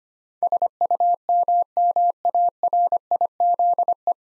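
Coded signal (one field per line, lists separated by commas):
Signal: Morse code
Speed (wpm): 25 wpm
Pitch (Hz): 700 Hz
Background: none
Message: SUMMARIZE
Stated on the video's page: Morse head-copy practice of nine-letter words at 25 wpm; each word is sent, spoken, then sent again.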